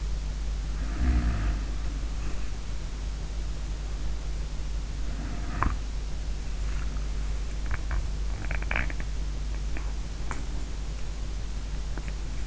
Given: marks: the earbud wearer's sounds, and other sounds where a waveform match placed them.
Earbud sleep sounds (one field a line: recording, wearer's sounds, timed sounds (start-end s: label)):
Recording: sounds in sleep by an in-ear microphone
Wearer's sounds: snoring breath, teeth grinding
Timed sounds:
0.09-2.63 s: snoring breath
5.47-12.47 s: teeth grinding